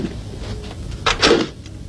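A door swings shut with a short pair of clattering knocks midway through, sharp and moderately loud, set against a faint low background hum with no one talking.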